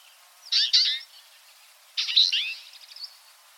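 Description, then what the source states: Twite twittering in two bursts about a second and a half apart, each a tangle of high, twanging, buzzy chirps. A flock.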